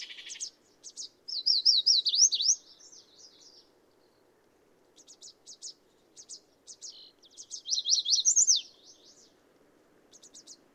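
Bird song: two bright, rapid up-and-down trilled bursts about six seconds apart, linked by soft high chips, over faint low background noise.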